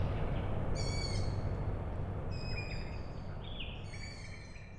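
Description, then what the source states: Owl chicks utter a few thin, squeaky cries over a louder, low, steady industrial rumble. Owl chicks calling at night, Tuesday 21 May 2019, Michałkowice, Siemianowice Śląskie, Poland; industrial plant in background; Zoom H5 with Audio-Technica BP4025.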